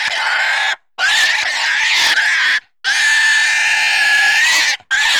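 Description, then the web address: Pig letting out loud, piercing squeals in several drawn-out bursts separated by brief pauses, harsh and strained throughout. Intense squeals. "Sony Creative Software Sony Pictures Sound Effects Series Volumes 1-10 Volume 1 Animals Pig Squeals Intense"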